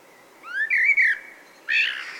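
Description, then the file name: Common blackbird giving a rising, fluty whistle that slurs upward and wavers, followed after a short pause by a harsher, squeaky burst. "Turdus merula"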